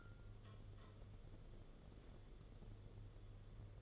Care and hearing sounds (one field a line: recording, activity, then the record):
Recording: daily activity, microphone in the room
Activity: take from stove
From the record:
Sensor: 4